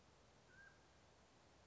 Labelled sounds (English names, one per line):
Mountain Quail